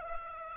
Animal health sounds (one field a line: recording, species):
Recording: mosquito wingbeat signal from an infrared sensor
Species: Aedes aegypti